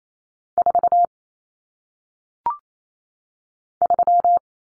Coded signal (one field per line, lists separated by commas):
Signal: Morse code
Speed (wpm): 28 wpm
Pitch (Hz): 700 Hz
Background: none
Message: 4 3